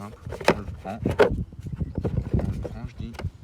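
A plastic light fixture on a Mazda is handled and passed toward its opening in the car body while someone talks. Brief handling knocks stand out at 0.3 s, 0.5 s, 2.4 s and 3.2 s. Nothing has seated or clicked yet.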